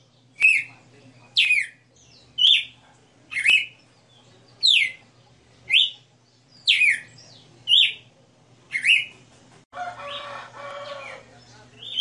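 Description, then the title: Red-cowled cardinal singing several whistled phrases at regular intervals, followed by a harsh, buzzy stacked sound at the end. Female bird singing a 60-note song, recorded live. "Canto Galo Campina Fêmea 02. Galo de Campina 60 NOTAS Cantando Ao vivo"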